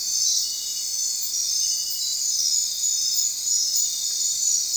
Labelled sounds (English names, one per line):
none